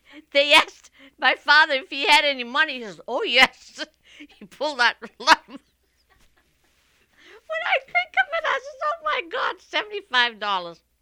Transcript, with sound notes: they asked my father if he had any money, he says, "Oh, yes." ( she laughs ) He pulled out the lot... When I think of it, I says, oh, my God, seventy-five dollars.